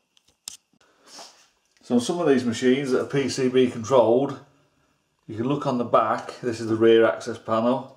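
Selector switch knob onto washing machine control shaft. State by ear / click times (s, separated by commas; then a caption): seated / 0.5 s. A plastic program selector knob is pushed back onto its shaft on a washing machine control panel and clicks into place at 0.5 s, seating the knob. A few faint ticks surround the click, and then someone talks.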